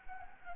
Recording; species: mosquito wingbeat signal from an infrared sensor; Anopheles gambiae